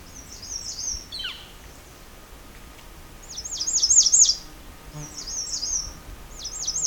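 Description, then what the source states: American redstart song: short, very high, thin phrases of quick wavering notes, repeated three times after an opening phrase with a sharp downslurred ending. Song heard while hiking a quiet corner of Bruce Peninsula National Park, near Johnson Harbor and Pine Tree Point, around the 2021 summer solstice.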